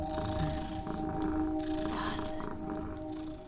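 A domestic cat purrs in a steady, continuous low rumble that holds an even loudness for the whole few seconds, with no voices over it.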